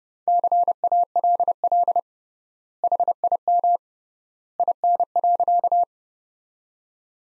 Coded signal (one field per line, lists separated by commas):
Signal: Morse code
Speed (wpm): 30 wpm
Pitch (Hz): 700 Hz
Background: none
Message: CALL HIM IN.